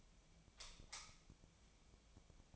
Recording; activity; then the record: daily activity, microphone in the room; light off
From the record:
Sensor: 1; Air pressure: 1009.8 hPa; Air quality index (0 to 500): 190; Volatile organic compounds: 18 ppm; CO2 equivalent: 2605 ppm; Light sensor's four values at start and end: 47/134/55/62 and 36/91/38/46